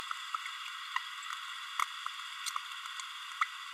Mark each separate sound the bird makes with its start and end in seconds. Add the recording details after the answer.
2.46-2.50, 3.41-3.45. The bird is a female. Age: 30 days. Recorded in a nest box in Venezuela. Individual 17B32A7